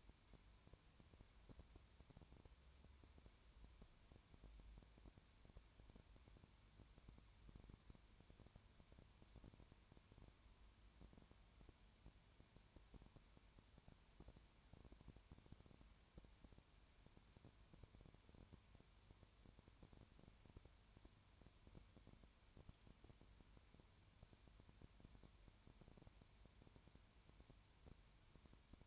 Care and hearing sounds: daily activity, microphone in the room; no activity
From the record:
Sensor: 2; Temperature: 20.3 degrees Celsius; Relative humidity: 33.8%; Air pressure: 1003.2 hPa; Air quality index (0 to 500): 82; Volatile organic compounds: 1 ppm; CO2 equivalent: 781 ppm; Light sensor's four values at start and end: 2/3/2/2 and 2/3/2/2

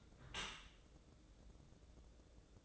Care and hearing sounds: daily activity, microphone in the room; close dishwasher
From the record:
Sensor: 3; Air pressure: 1012.3 hPa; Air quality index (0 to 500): 153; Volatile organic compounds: 2 ppm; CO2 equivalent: 1179 ppm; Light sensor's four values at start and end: 483/1183/488/481 and 484/1186/489/482

